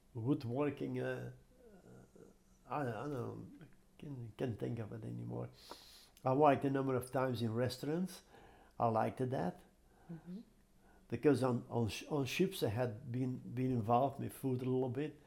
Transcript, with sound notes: woodworking — I — I don't — can't think of it anymore. [sniffs] I worked a number of times in restaurants. I liked that.
Uh-hmm.
Because on — on — on ships, I had been — been involved with food a little bit.